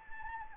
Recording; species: mosquito wingbeat signal from an infrared sensor; Anopheles arabiensis